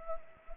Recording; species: mosquito wingbeat signal from an infrared sensor; Anopheles arabiensis